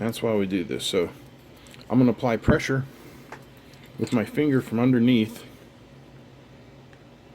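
While a solder joint is reheated, a finger presses a through-hole component up from underneath toward a kit printed circuit board as someone talks. Brief faint ticks come at about 3.3 s and 6.9 s. Nothing has seated or clicked yet; the component has not snapped down flush onto the board.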